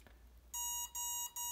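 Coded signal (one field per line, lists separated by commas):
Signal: beep code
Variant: EMAX ESC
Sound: three short buzzy electronic beeps after a brief click; the last is cut off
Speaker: one two one two three four five one long bid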